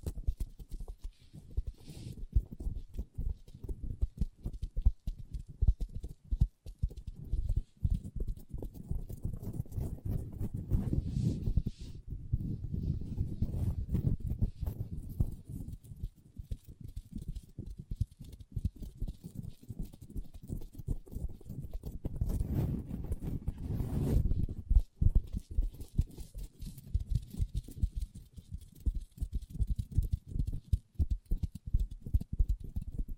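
Long nails tap and scratch on a tabletop in a dense, nonstop flurry of small clicks and scrapes. The sound stays mostly low and dull, with thicker bursts of rapid scratching around 10–12 and 22–25 seconds. No voice is heard.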